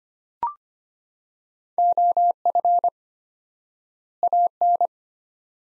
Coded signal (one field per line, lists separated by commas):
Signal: Morse code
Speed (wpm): 25 wpm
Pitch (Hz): 700 Hz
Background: none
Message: OF AN